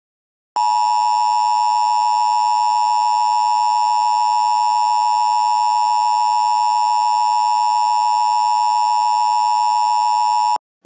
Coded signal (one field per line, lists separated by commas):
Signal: Emergency Alert System (SAME) tones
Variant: 853 and 960 Hz attention tone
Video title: EAS Mock - The Pekin IL EF3.